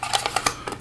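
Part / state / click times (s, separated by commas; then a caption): batarang replica onto its back mount / seated / 0.5 s. A plastic replica batarang, a NECA GameStop-exclusive Arkham Knight model, is centred on its back piece and twisted, giving a quick series of sharp plastic ticks. It clicks home and locks into place at 0.5 s.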